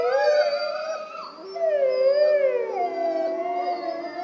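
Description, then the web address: Wolf: wolves howling in chorus, several long wavering tones overlapping, sliding up and down and crossing each other throughout. "Lupo Hurlement"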